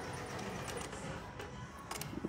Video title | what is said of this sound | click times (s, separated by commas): COUDRE UN TOTE BAG avec VINYDIY & MELLE MALABAR | est en dessous vous sentez un moment donné il ya un petit clic et | 1.9 s, 2.0 s